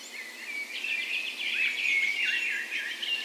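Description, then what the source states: Dawn chorus birds: a rapid stuttering trill in the middle, surrounded by thin whistles and quick twittered notes. Dawn chorus in a park west in Bergen, Norway, on the morning of 17 May, Norway's National Day, in full spring; Sony PCM A10 recorder with LOM micro Usi microphones as "tree ears".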